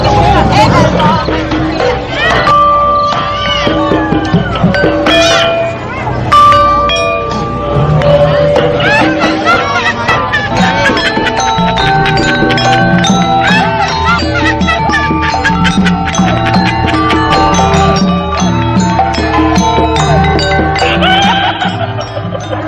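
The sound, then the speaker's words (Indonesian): Gamelan music plays steadily, with bright, ringing metallic tones layered over low gong strokes and occasional sharp kendang drum beats. The dense, shimmering texture stays loud throughout. “Saat lari itulah suara tabuhan gong diikuti suara kendang terdengar lagi. Suara gamelan itu semakin terdengar keras.”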